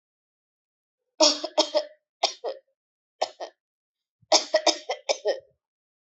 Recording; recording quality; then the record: heavy voluntary cough; excellent, no background noise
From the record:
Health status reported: healthy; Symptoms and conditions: none ticked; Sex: female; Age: 42 years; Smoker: not ticked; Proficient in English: yes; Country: India